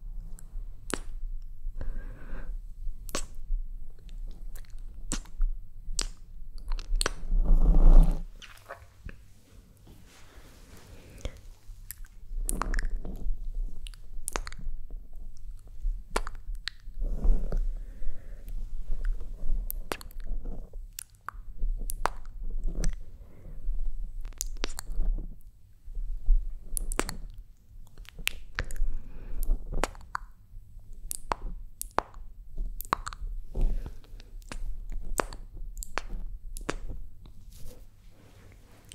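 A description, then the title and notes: Mouth sounds, with sharp wet clicks and pops every second or so over a low hum, and a louder smacking burst around eight seconds. ASMR Mouth Sounds.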